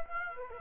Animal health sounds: mosquito wingbeat signal from an infrared sensor; Aedes aegypti

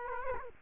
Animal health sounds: mosquito wingbeat signal from an infrared sensor; Culex quinquefasciatus

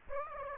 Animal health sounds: mosquito wingbeat signal from an infrared sensor; Aedes aegypti

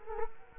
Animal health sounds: mosquito wingbeat signal from an infrared sensor; Culex quinquefasciatus

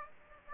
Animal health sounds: mosquito wingbeat signal from an infrared sensor; Aedes aegypti

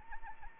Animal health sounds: mosquito wingbeat signal from an infrared sensor; Anopheles arabiensis

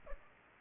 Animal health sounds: mosquito wingbeat signal from an infrared sensor; Culex pipiens

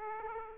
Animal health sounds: mosquito wingbeat signal from an infrared sensor; Aedes aegypti

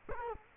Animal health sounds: mosquito wingbeat signal from an infrared sensor; Culex quinquefasciatus

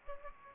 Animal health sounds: mosquito wingbeat signal from an infrared sensor; Aedes aegypti

